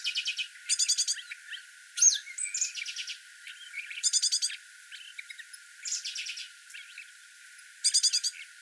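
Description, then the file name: Great tit chattering calls: several harsh, rapid buzzy bursts at irregular intervals, with fainter thin chirps between them. "Parus major"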